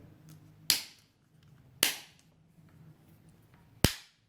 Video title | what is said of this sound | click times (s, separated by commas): Acura ILX Key Fob Battery Replacement (2015 - 2020) | now we just click these two pieces back together. | 0.7 s, 1.8 s, 3.8 s